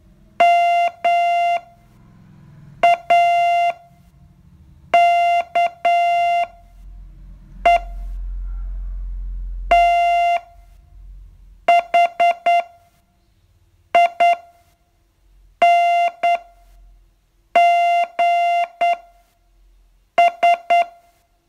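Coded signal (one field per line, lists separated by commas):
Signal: Morse code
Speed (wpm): 9 wpm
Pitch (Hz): 690 Hz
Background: none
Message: MAKE THINGS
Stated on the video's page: Morse training lesson, day 41 of a 42-day course.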